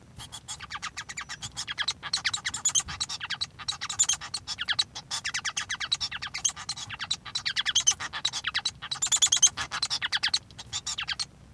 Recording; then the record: song of a male Bengalese finch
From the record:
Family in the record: son of father 1